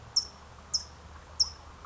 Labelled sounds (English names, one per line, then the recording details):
California Towhee
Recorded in Sonoma County, California